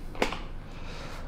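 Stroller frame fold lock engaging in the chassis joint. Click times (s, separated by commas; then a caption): 0.2 s. A Cybex Coya stroller frame unfolds under its own weight, and its fold joint locks into its slots in the chassis with a sharp click at 0.2 s, just after a brief rising rustle. The frame is seated and locked open, and only quiet background follows.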